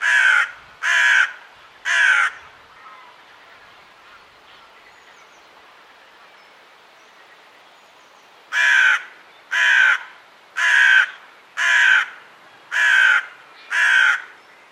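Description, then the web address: Bird giving loud, raspy caws: three quick ones, a quiet gap of roughly six seconds, then six more at an even pace. "cianscape. Deverinetal 2025. Bird Only"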